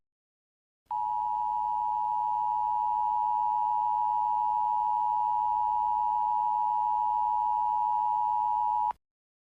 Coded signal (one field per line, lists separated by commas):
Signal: Emergency Alert System (SAME) tones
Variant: 853 and 960 Hz attention tone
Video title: [EAS] 10:42: A Real-Time Nuclear Attack Simulation